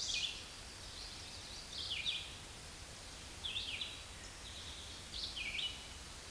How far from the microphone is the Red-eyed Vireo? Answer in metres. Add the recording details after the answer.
about 25 m. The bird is about 15 m above the microphone. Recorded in a Pennsylvania forest on 16 May 2024 at 07:58. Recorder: AudioMoth, point MSD-2287. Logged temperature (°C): 11.2 °C. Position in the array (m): 147 m, 35 m